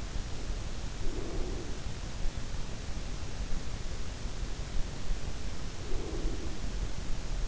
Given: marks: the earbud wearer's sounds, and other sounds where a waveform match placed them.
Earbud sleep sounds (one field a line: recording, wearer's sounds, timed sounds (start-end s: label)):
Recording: sounds in sleep by an in-ear microphone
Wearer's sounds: breath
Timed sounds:
0.11-2.70 s: breath
4.90-7.48 s: breath